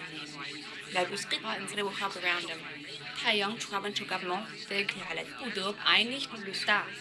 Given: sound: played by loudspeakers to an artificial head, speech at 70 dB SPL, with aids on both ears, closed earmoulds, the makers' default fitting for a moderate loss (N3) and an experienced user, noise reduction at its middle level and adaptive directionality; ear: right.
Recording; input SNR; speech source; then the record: speech test signal (ISTS) in cocktail-party noise; +3 dB; in front (0 degrees)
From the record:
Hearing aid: class 1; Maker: E